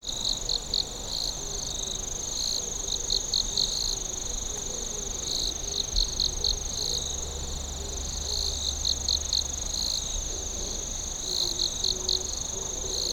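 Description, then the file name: Insect song: a steady high whine runs throughout, with bursts of rapid pulsed chirps below it that come and go every few seconds. A low rumble sits underneath. "singing of insect"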